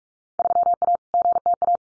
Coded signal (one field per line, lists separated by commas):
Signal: Morse code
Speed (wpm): 44 wpm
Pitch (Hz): 700 Hz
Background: none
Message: 3A GTA